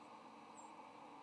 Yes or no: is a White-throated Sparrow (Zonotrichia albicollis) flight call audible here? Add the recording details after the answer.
no. Another species' flight call is heard. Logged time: 06:30 on 8 November 2014